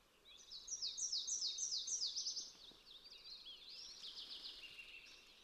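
Fox sparrow song opening with four or five bright, repeated slurred notes, then dissolving into a softer, rambling warble that ends on lower, sliding notes.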